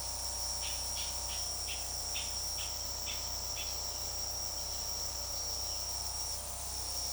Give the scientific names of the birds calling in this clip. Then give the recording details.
Cacicus cela. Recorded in secondary vegetation near Puerto Asís, Putumayo, Colombia, on 21 February 2024 at 16:00. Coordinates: 0.489, -76.322. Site G6419